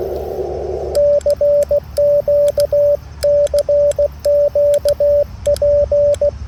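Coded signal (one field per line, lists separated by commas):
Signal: Morse code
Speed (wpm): 16 wpm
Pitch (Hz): 580 Hz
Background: radio noise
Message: CQ CQ P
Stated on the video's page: Portable QRP CW setup using a 705 transceiver.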